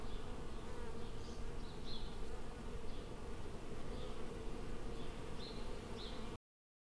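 Swarming bees make a continuous low droning hum, unbroken until it cuts off near the end, with occasional brief higher buzzes from single bees flying by.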